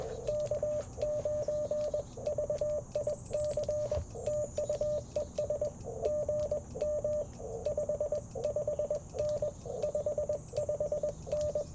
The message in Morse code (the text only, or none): K9VIC TU ES GM 55N 55N